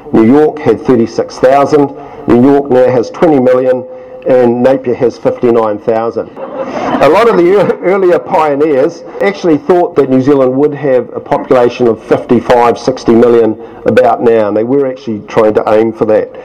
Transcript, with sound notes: New York had thirty-six thousand. New York now has twenty million, and Napier has fifty-nine thousand. [Chuckles] A lot of the earlier pioneers actually thought that New Zealand would have a population of about fifty-five, sixty million about now, and they were actually trying to aim for that.